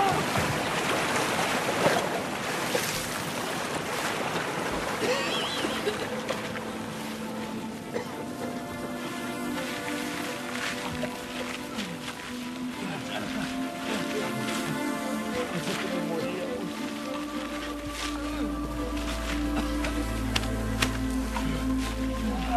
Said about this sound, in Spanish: En ese momento una ola los empuja a la orilla de la playa, salvándolos de una tragedia.